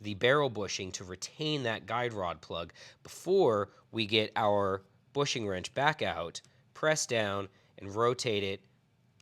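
Someone talks while handling a Taurus 1911 pistol during reassembly, with the guide rod plug pressed down and the steel barrel bushing in the slide about to be rotated with a bushing wrench. Nothing has seated or clicked yet in this clip.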